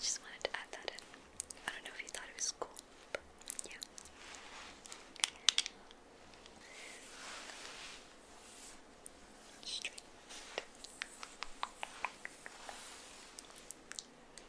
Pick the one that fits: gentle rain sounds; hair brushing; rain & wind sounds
hair brushing